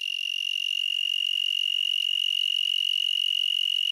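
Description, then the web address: Broad-winged tree cricket song, an unbroken high-pitched trill with a fine, rapid pulsing, steady in pitch and loudness throughout. "Crickets and Katydids. Broadwinged Tree Cricket, Oecanthus latipennis"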